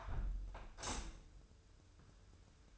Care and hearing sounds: daily activity, microphone in the room; close window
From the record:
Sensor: 2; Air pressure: 995.6 hPa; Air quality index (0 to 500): 96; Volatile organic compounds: 5 ppm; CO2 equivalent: 1779 ppm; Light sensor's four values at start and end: 24/76/30/29 and 24/76/30/29

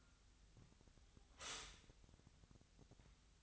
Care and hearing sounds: daily activity, microphone in the room; stop toaster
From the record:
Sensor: 3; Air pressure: 1001.8 hPa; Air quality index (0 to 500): 245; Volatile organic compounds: 48 ppm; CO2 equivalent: 3275 ppm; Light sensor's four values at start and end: 14/42/18/16 and 14/42/18/16

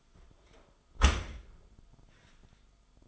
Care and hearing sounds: daily activity, microphone in the room; close dishwasher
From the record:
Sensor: 5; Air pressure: 1004.7 hPa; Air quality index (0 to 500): 93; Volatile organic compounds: 2 ppm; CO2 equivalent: 1124 ppm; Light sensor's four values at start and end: 33/76/31/30 and 32/73/30/29

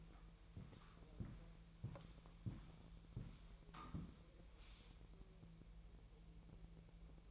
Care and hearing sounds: daily activity, microphone in the room; walk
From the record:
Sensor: 1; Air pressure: 1002.0 hPa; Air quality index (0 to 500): 239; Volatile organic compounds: 98 ppm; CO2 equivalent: 3738 ppm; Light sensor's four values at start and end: 9/21/8/10 and 8/20/8/9

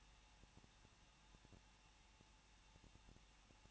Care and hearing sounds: daily activity, microphone in the room; no activity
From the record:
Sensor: 1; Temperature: 20.1 degrees Celsius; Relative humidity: 39.0%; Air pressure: 1006.6 hPa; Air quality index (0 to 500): 216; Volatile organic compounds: 71 ppm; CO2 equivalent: 3531 ppm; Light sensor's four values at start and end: 1/2/1/1 and 1/2/1/1

